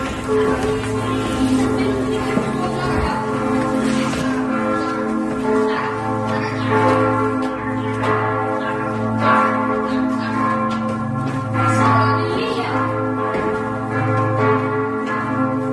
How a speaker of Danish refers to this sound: Vi kan høre kirkeklokker, men vi er på vej op til tårnet.